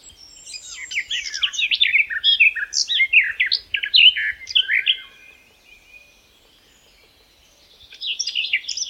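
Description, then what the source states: Garden warbler song: a long, fast, rich warbling phrase of varied high notes, a brief pause, then the warble resumes. Song recorded in May 2020.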